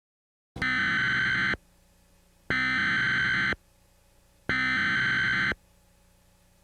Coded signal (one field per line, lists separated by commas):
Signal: Emergency Alert System (SAME) tones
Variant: header bursts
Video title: EAS Scenario - JTK Rampage (60fps Version)